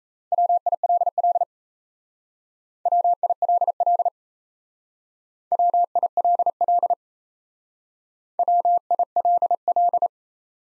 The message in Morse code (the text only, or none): WILL WILL WILL WILL